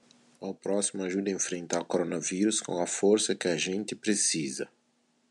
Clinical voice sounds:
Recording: spoken sentence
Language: Brazilian Portuguese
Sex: male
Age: 40 to 49 years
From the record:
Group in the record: control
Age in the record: 44 years

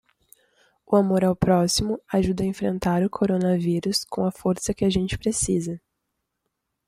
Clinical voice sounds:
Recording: spoken sentence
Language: Brazilian Portuguese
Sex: female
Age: 20 to 29 years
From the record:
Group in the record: control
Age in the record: 21 years

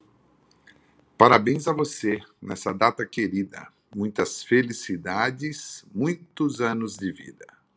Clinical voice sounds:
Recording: short text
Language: Brazilian Portuguese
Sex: male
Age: 50 to 59 years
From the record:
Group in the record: control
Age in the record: 53 years

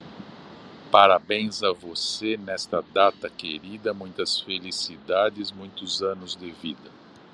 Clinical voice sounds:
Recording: short text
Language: Brazilian Portuguese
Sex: male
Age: 70 to 79 years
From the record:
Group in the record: control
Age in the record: 70 years

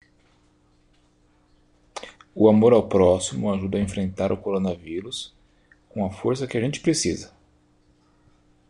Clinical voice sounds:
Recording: spoken sentence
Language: Brazilian Portuguese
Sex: male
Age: 30 to 39 years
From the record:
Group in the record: control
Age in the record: 37 years

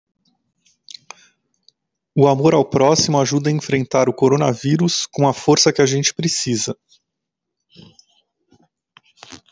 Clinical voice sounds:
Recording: spoken sentence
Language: Brazilian Portuguese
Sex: male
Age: 40 to 49 years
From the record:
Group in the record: control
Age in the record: 48 years

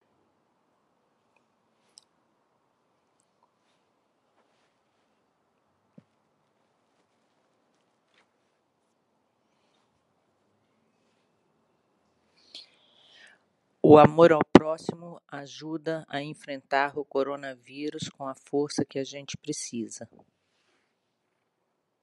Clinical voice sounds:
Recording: spoken sentence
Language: Brazilian Portuguese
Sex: female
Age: 50 to 59 years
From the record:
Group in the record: control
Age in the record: 56 years

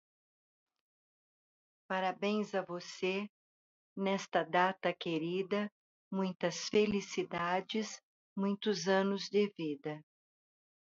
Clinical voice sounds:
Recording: short text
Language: Brazilian Portuguese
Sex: female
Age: 60 to 69 years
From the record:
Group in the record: control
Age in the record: 64 years

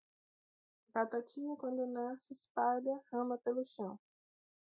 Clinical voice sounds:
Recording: short text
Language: Brazilian Portuguese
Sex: male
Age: 30 to 39 years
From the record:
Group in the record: control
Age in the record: 39 years

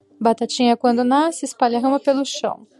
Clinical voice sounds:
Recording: short text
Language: Brazilian Portuguese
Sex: female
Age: 40 to 49 years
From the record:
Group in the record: control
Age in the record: 46 years

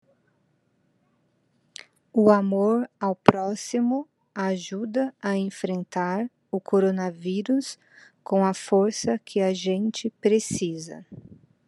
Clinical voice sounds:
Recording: spoken sentence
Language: Brazilian Portuguese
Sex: female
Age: 30 to 39 years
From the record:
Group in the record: control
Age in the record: 39 years

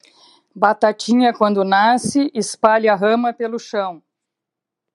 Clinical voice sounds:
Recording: short text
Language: Brazilian Portuguese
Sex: female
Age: 50 to 59 years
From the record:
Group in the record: control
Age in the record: 57 years

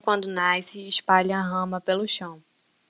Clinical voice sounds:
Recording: short text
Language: Brazilian Portuguese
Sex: female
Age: 20 to 29 years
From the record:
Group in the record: control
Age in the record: 22 years

